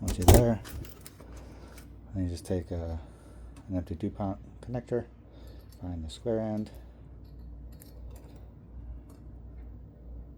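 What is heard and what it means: Someone talks while an empty Dupont connector housing is picked up and turned to find its square end so a crimped pin can be lined up for insertion. Faint, brief handling ticks are heard around 1.0–1.2 s and again between 7.7 and 9.1 s. The pin has not been pushed in and nothing has seated or clicked yet.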